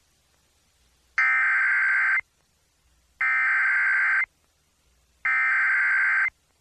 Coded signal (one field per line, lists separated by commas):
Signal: Emergency Alert System (SAME) tones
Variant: header bursts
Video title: (EAS #50) (WCVV-FM) Flood Warning For Athens OH (1/29/2024)